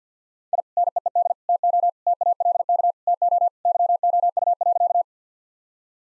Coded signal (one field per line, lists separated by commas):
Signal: Morse code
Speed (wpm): 49 wpm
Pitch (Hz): 700 Hz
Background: none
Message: I NEED TO TALK TO YOU.